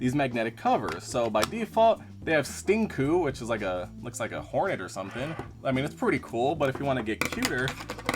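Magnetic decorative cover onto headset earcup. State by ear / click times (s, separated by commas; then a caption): not seated / none. Someone talks while handling a decorative magnetic cover for the LED ring on the side of the plastic earcup of a pink SOMiC GS510 Cat Ears gaming headset, with two brief sharp ticks near 8.1 seconds at the very end. The cover has not snapped onto the earcup yet; nothing has seated.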